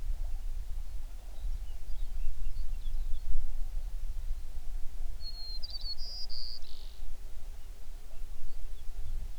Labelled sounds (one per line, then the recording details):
songbird
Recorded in the Prudhoe Bay oil fields, Alaska, on 11 June 2019 at 04:55
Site 21